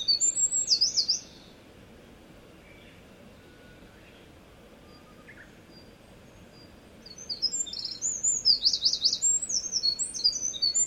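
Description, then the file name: Eurasian wren song in two bursts of shrill, fast trilled notes at the start and from about seven seconds, with a quiet gap and faint soft calls between. "misosazai"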